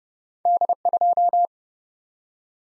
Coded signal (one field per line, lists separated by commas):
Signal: Morse code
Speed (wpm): 30 wpm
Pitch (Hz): 700 Hz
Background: none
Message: D2